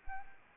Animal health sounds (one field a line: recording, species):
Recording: mosquito wingbeat signal from an infrared sensor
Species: Anopheles arabiensis